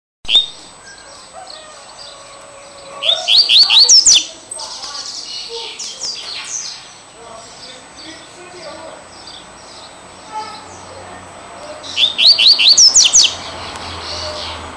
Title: Canto Coleiro